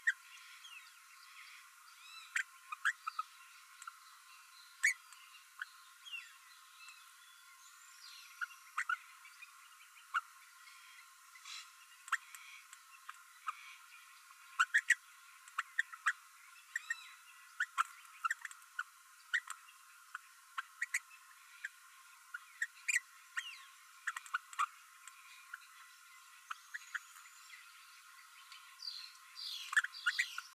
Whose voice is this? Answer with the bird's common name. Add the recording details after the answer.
Green-rumped Parrotlet. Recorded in a nest box in Venezuela. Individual 18B12A3